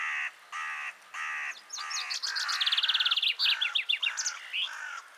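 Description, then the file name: Common chaffinch song, a run of notes into a quick trill and a sharp flourish at the end, overlapped by repeated harsh cawing from a crow before, during and after. "Fringilla coelebs"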